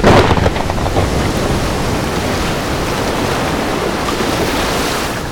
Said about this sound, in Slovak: Všetko na palube uviazať a upevniť! Pripravte sa na náraz vetra a prvej búrkovej vlny!